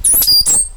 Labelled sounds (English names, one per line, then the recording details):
Stitchbird song
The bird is a male
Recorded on Tiritiri Matangi Island, New Zealand, in 2005
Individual 8, of nest box 10